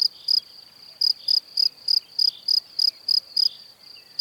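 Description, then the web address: Cricket chirps, high and pulsed, repeated roughly every quarter second after a short pause near the start, over a quiet background. "Kurs PTTK Przyroda Ptaki Świerszcze"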